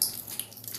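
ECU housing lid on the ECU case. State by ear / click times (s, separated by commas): released / 0.0 s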